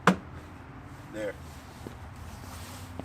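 On a 2019/2020 Camaro, after the trim around the reverse light area is reinstalled, the corner of the rear trim panel is pushed so its clip clicks into the car body. A single sharp click is heard at 0.1 s, and then someone briefly talks. The corner clip is seated.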